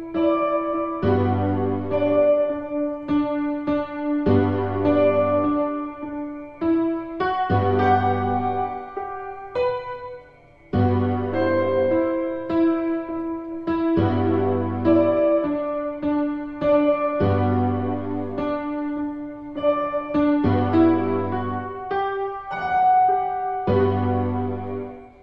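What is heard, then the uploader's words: An old song plays on a computer-generated piano, built from steady repeating chords with a pulsing low bass line under held upper notes. The pattern cycles every few seconds at an even pace, with a brief drop to near silence around ten seconds. Collaged piano based on the folk song The Housewife’s Lament.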